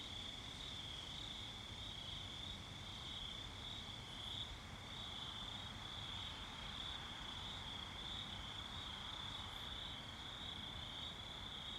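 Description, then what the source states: Crickets keep up a continuous shrill trill throughout, a constant high band with faint low rumbling beneath. Night ambience with crickets.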